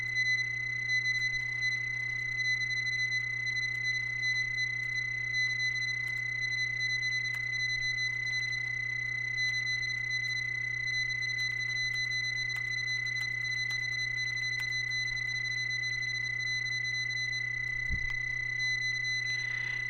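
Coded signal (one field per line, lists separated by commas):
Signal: PSK31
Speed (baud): 31.25 baud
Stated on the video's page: PSK signal sent over modulated light and received in a demonstration.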